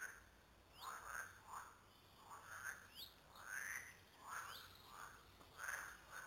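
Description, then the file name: Frogs calling in a chorus, short rasping pulsed notes repeated several times, with thin high chirps. Frogs recorded at Lüssow. "luessow froesche"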